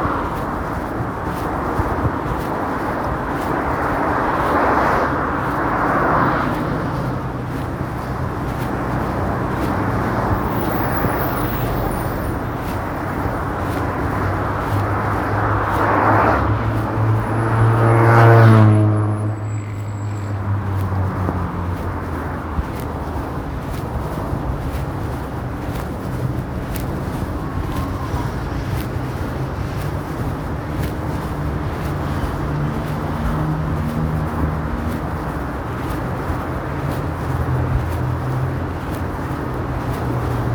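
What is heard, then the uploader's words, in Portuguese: City sounds on a walk: a steady low traffic rumble with footsteps and voices, and a loud vehicle passing around eighteen seconds. Sons da cidade durante uma caminhada.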